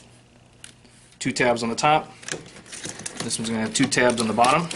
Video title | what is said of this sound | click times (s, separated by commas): Replacing a PLC in a Simplex Infinity Load Bank | our PLC and the output module together once they're all together we're going to lock them in | 0.6 s